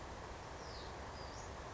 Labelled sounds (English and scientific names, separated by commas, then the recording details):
Western Flycatcher (Empidonax difficilis)
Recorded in Sonoma County, California